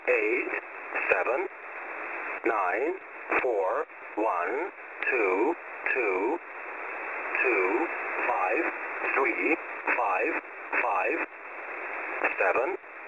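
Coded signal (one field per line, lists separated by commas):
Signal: numbers station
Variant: English Man, English voice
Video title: "English Man" number station at 14472 kHz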